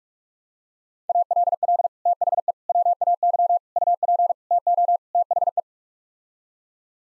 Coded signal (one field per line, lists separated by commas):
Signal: Morse code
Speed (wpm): 43 wpm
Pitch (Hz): 700 Hz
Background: none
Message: ALL THE WAY UP TO THE